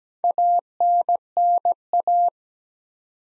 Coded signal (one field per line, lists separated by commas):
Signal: Morse code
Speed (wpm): 17 wpm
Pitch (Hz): 700 Hz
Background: none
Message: ANNA